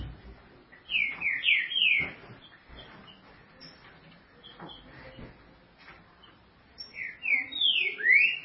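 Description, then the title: Green-winged saltator singing two bright whistled phrases of rapid slurred notes, one early and one near the end, over a faint rustling background. "Trinca Ferro"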